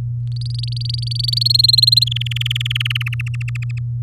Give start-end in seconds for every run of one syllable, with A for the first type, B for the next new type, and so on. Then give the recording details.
0.32-1.43 A, 1.45-2.04 B, 2.06-3.03 C, 3.06-3.79 D. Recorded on 4 May 2018 at 14:55. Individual llb16